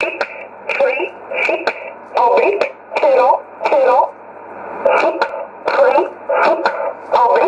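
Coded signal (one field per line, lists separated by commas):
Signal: numbers station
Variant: E11 Oblique, English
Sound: voice reading ten digits: six, three, six, zero, zero, repeated once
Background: radio static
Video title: 14 09 2018 E11 Oblique Numbers station in English to Eu 0717 on 9963 unknown tx site in USB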